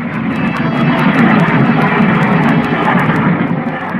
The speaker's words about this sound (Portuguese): A Maria Fumaça se aproxima em alta velocidade.